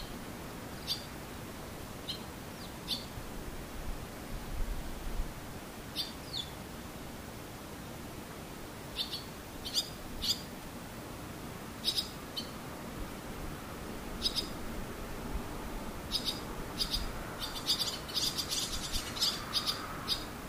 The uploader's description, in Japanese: ツバメ